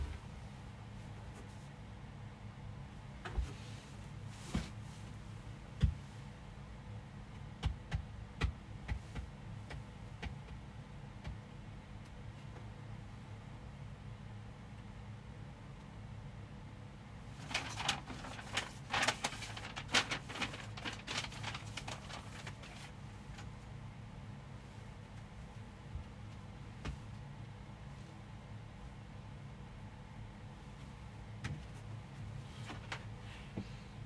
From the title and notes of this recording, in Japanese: 掃除と片付け。洋服をたたむ、重ねてしまう。